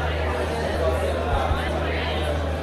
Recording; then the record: background sound without coughing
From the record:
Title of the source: CITY SOUNDS Busy Bar in the Evening Night - 2 HOURS of Ambiance for Relaxation